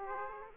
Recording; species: mosquito wingbeat signal from an infrared sensor; Aedes aegypti